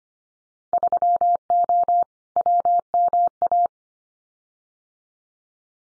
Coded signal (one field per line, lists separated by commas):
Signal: Morse code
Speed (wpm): 25 wpm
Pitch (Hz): 700 Hz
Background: none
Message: 3O WMA